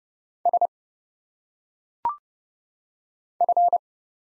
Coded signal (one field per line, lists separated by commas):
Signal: Morse code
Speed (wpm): 29 wpm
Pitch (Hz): 700 Hz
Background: none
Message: S F